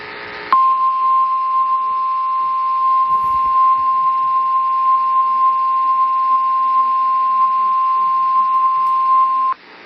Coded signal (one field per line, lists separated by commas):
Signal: Emergency Alert System (SAME) tones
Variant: 1050 Hz attention tone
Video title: Eas Fwd svr on KEC55 Eas#1972